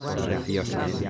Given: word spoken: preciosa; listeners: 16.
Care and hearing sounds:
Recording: one Spanish word in noise, from a listening test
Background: eight-talker babble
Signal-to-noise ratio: -2.1 dB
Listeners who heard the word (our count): 2 of 16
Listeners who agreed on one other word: 6 of 16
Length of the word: 0.70 s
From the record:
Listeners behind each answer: 6, 2, 2, 2, 1, 1, 1, 1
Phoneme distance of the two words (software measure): 10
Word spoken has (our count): 3 syllables, 8 phonemes, stress on syllable 2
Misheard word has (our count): 3 syllables, 8 phonemes, stress on syllable 2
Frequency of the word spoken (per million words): 7.70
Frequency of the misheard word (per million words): 8.79

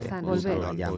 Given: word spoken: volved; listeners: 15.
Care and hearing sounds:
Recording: one Spanish word in noise, from a listening test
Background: four-talker babble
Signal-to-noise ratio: 0.2 dB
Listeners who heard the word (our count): 1 of 15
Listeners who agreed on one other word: 10 of 15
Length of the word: 0.57 s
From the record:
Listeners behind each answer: 10, 1, 1, 1, 1, 1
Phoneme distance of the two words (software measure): 10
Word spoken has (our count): 2 syllables, 6 phonemes, stress on syllable 2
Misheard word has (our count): 2 syllables, 6 phonemes, stress on syllable 2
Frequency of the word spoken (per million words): 0.19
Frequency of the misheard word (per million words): 110.76

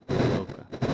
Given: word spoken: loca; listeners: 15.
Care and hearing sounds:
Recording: one Spanish word in noise, from a listening test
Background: noise modulated by one talker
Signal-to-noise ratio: -8.8 dB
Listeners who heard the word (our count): 2 of 15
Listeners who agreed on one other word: 10 of 15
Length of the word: 0.54 s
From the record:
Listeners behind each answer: 10, 2, 1, 1, 1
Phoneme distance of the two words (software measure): 10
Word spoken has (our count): 2 syllables, 4 phonemes, stress on syllable 1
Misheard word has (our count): 2 syllables, 4 phonemes, stress on syllable 1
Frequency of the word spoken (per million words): 19.62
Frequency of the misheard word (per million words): 30.01

